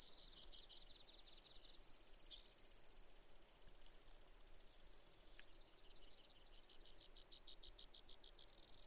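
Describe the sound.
Brewer's sparrow song of rapid high trills and a dry buzz, changing pace every second or two.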